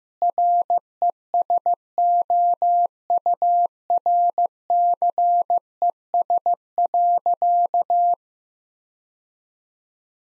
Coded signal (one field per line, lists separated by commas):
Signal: Morse code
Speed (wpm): 15 wpm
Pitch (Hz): 700 Hz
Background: none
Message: RESOURCES.